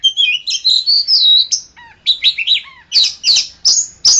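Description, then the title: Oriental magpie-robin song with sweet warbled whistles at the start, then separate bright phrases including low downslurred notes, each phrase short and clear. "Kacer"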